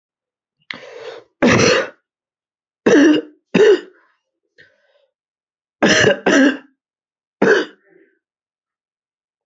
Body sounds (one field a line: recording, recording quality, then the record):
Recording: heavy voluntary cough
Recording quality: moderate, slight background noise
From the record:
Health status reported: healthy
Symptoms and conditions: none ticked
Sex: male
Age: 23 years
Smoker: not ticked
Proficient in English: yes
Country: India